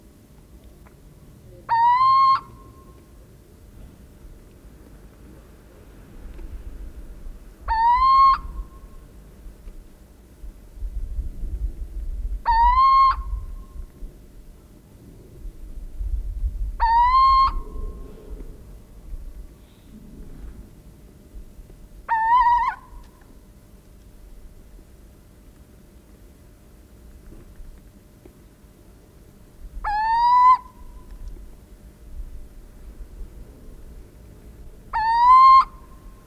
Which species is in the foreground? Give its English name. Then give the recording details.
Little Owl. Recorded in the wild. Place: Presenske, Insel Rügen, Mecklenburg-Vorpommern, DE. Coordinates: 54.638, 13.359. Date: 1974-04-24. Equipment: Nagra III BH, Sennheiser MD 21, parabola. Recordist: Schubert, Michael